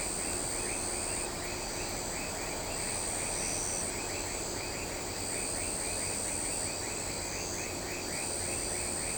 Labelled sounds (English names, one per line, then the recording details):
none
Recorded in shrubland near Pivijay, Magdalena, Colombia, on 18 April 2023 at 20:30
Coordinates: 10.453, -74.365
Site P5-G022